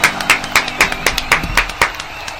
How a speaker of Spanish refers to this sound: Ya lo había escuchado, Bravo, bravo, mirá cómo aplaude la gente, está como loca. Acá tenemos el estudio lleno, una locura.